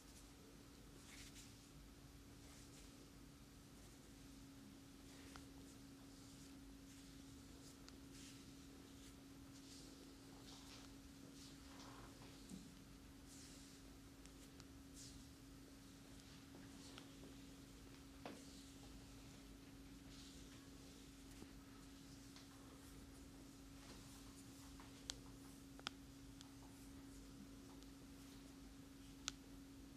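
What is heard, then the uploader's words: A head and neck massage plays out over a steady, low mechanical hum that never changes. Soft rubbing and rustling come and go throughout, and a few sharp, brief clicks stand out near the end, around 25, 26 and 29 seconds. Amazing ASMR Head and Neck Massage.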